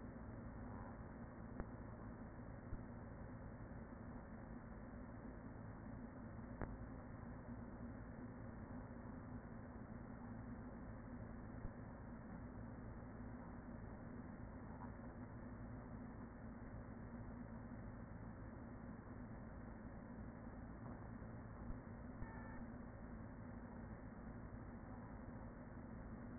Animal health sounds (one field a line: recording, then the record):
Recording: honeybee colony, microphone inside the hive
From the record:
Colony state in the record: queen present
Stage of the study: after two queens were removed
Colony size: about 40,000 bees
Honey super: no